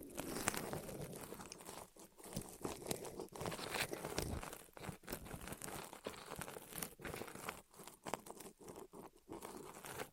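ASMR ear rolling gives a dense, crackly rustle like crumpling material, continuous but uneven, with brief dips and sharp crunches throughout.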